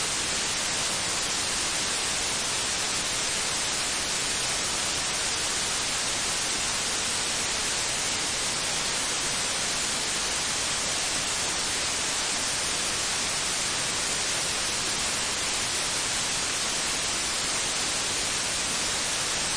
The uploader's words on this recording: Downpour. Digital rain.